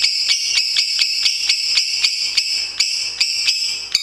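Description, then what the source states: Lovebird song: quick repeated high harmonic chirps, about three or four per second, forming a steady throbbing chatter throughout. National champion bird.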